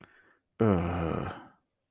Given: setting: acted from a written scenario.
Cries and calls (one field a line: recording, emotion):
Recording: vocal sound without words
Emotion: guilt